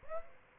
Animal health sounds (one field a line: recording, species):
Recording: mosquito wingbeat signal from an infrared sensor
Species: Aedes aegypti